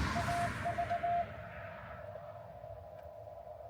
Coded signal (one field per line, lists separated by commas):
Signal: Morse code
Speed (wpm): 15 wpm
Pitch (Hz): 660 Hz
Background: none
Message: AV